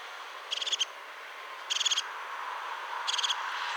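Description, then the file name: European crested tit giving three dry rattling trills of quick high notes, spaced over a second apart, against steady broad background hiss. "Haubenmeise Ruf"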